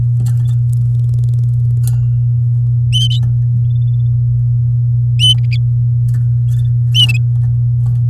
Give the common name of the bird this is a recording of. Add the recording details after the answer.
Domestic Canary. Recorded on 6 May 2018 at 09:46. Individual llb16